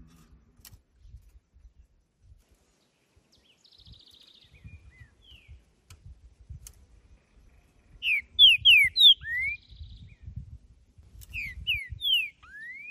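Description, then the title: Green-winged saltator singing after a quiet start: two loud phrases of clear descending whistles each ending in an upward slur, with a thin high buzz and low rumble beneath. Singing in nature; calling, singing and male-style singing in a contest; used to warm up a captive saltator. "ESQUENTAR Seu TRINCA Piando, Cantando E Macheando Na DISPUTA. Trinca Ferro Cantando na Natureza"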